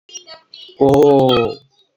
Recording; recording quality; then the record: sustained vowel as in boot; poor, much background noise or distortion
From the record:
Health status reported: healthy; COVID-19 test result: not tested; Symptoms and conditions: none ticked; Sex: male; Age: 32 years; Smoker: not ticked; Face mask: not worn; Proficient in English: yes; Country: India